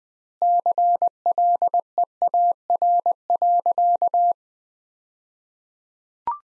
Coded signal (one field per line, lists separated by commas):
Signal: Morse code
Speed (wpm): 20 wpm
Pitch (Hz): 700 Hz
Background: none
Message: CLEAR.